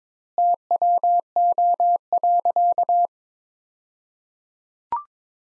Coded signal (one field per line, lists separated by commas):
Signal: Morse code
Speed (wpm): 22 wpm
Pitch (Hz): 700 Hz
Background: none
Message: TWO.